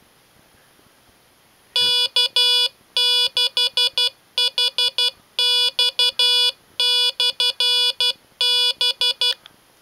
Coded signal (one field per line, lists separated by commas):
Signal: Morse code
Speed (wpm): 12 wpm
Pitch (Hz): 2950 Hz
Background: none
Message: K6HX/B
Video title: Arduino Morse Keyer, now with PWM